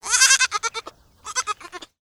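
Goat bleating: two quavering, pulsed bleats, the first loud and long, breaking into shorter wavering notes, then a second softer bleat after a brief pause.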